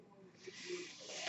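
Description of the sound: Soft airy hiss swelling over about a second: a home mechanical ventilator pushing air through its circuit.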